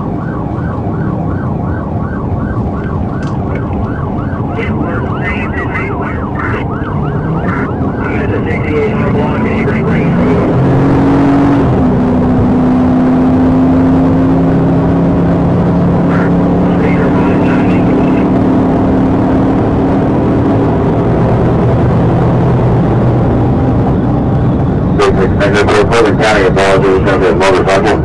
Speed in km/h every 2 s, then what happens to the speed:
97, 92, 90, 101, 105, 111, 124, 130, 137, 142, 156, 159, 155, 147.
4-21 speeds up to 159. 21-28 slows to 147.